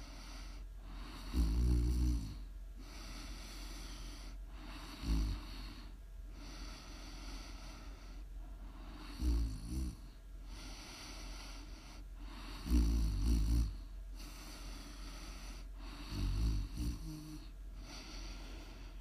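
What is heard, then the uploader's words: Loud, rumbling snores come in a regular rhythm, about every three to four seconds, each a short rough burst deep in the low end. Between them a soft steady hiss fills the quiet stretches, with faint breathing sounds. Please enjoy some prime ASMR snoring.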